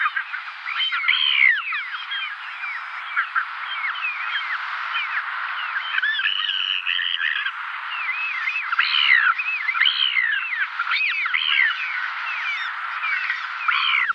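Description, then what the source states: Ivory Gulls calling: many harsh, arching, mewing screeches overlapping in a steady busy chorus throughout, with no other clear sounds. Rarely recorded species of very cold Arctic regions; monogamous, nests on coastal gravel beaches and cliff ledges, sometimes further inland, in comparatively small, loose colonies.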